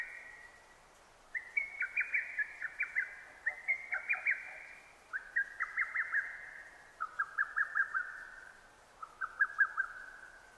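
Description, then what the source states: Lesser cuckoo song, a string of rapid chattering whistled phrases, each one pitched a little lower than the last, five phrases in a descending series. Recorded 6 June 2009.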